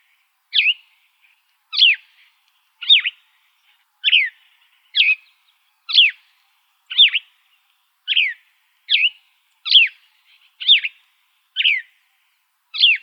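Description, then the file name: Gray vireo song: short burry phrases repeated roughly once per second in a steady series, with a quiet background. Recorded 28 August 2005. "GRVI 7 deviche"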